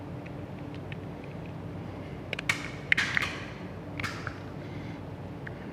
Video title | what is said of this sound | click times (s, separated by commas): Toyota 4Runner AudX Plug & Play 5-Channel Amp Kit - 2010 - 2024 Toyota 4Runner | There we go. Should lock into place like that. | 2.9 s